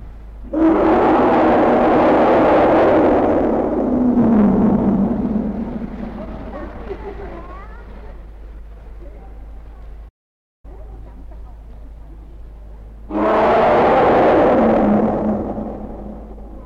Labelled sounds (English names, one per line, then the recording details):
Asian Elephant call
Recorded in captivity
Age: juvenile
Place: Zoo Berlin, Berlin, DE
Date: 1961-02-25 13:30
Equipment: Minifon, Kopie Smaragd
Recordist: Tembrock, Günter